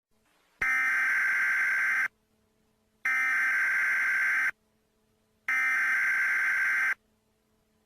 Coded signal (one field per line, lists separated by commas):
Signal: Emergency Alert System (SAME) tones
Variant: header bursts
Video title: EAS Short #43 | East Coast Tsunami (Requested by @319dcars)